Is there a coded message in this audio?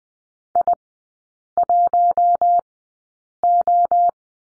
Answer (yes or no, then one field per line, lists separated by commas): yes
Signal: Morse code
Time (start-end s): 0.6-4.1 s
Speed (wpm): 20 wpm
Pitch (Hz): 700 Hz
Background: none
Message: I1O